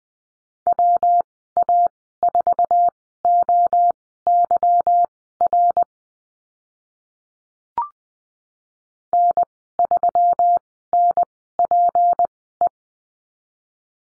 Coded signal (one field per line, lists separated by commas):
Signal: Morse code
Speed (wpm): 20 wpm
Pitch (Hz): 700 Hz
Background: none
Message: WA4OYR N3NPE